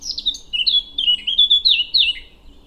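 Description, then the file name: Eurasian blackcap singing a rapid run of bright, whistled notes, many sliding downward. "Sylvia atricapilla"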